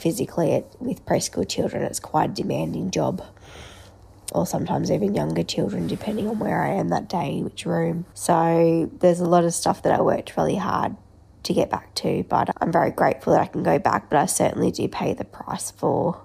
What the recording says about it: The vocal cords are also dysfunctional as well. It's called vocal cord dysfunction. Teaching on its own is very stressful with the voice, and you are talking all day every day, and my voice hasn't really been up to it.